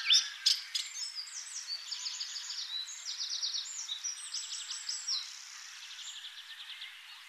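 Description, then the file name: Eurasian blackcap singing a quick warbling phrase, opening with a few sharp clicks, then rattling trills that fade out toward the end. "Sylvia atricapilla"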